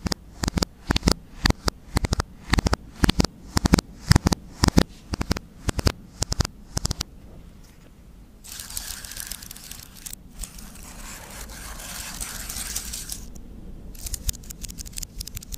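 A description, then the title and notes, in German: Quick, irregular tapping on various objects fills the first seven seconds, then gives way to a softer, steady rustling scrape with brief pauses. Tapping auf verschiedenen Gegenständen.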